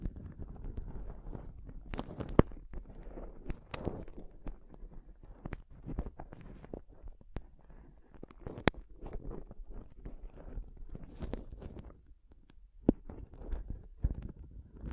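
Scratching and touching on a microphone, a dense run of rough rubbing and crackling that stays heavy in the low end. Sharp clicks and taps punch through irregularly, loudest near 2 and 9 seconds, with a brief quieter lull around 12 seconds.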